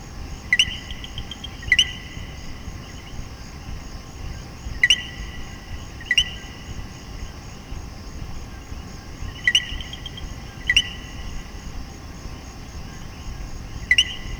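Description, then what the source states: Common coquí's two-note co-qui repeated in irregular bursts, sometimes in pairs, over a continuous high ringing background. Puerto Rico.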